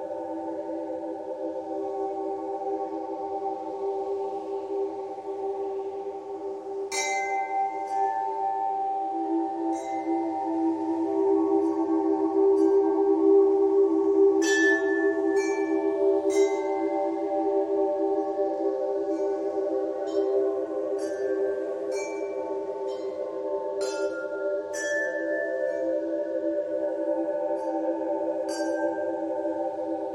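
Soothing ambient music holds a steady, warm drone of sustained tones, while soft bell-like chimes ring out every few seconds from about seven seconds on.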